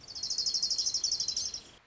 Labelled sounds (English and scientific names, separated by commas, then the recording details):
Orange-crowned Warbler (Leiothlypis celata)
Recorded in Sonoma County, California